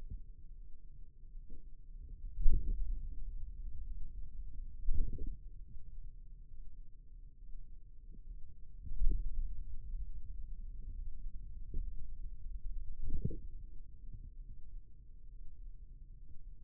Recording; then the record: forearm muscle sounds (acoustic myography)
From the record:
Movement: ulnar deviation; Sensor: system 2, bracelet of six BSWA MPA416 microphones around the upper forearm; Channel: 4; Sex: male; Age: 22 years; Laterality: right